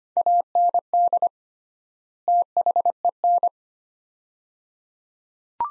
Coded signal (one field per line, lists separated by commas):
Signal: Morse code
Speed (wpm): 25 wpm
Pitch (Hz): 700 Hz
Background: none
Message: AND THEN